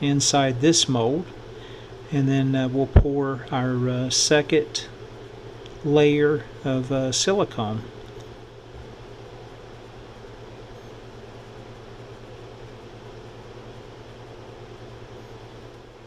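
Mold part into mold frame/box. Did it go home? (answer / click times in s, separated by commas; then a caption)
no / none. Someone talks while assembling a mold for a second silicone pour, pressing a mold part into its mold frame or box. After about 8 seconds the talking stops and only a steady low hum remains. Nothing has seated or clicked yet.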